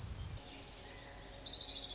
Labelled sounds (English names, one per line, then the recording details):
Orange-crowned Warbler
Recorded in Sonoma County, California